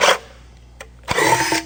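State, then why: Stripped. A power drill drives a wood screw all the way down into a wooden board, with a short burst of whirring, a quiet pause broken by a small tick at 0.8 s, then a longer whirring run with sharp hits near 1.1 s and 1.7 s. Nothing has seated or clicked, and the screw strips out as it is driven.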